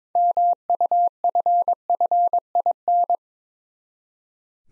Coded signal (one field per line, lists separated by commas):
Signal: Morse code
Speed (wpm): 22 wpm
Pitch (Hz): 700 Hz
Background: none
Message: MUFFIN